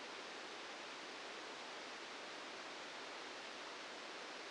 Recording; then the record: brain microelectrode recording played as sound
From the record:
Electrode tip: inside the subthalamic nucleus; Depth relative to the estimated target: -2 mm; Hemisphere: left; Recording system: NeuroSet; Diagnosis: Parkinson's disease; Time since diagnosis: 8 years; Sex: male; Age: 59 years